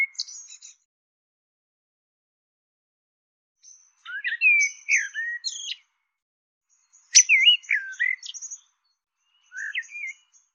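Bird giving scratchy chirps and high, thin buzzy ticks in bursts, a long silent stretch near the start, then several busy phrases.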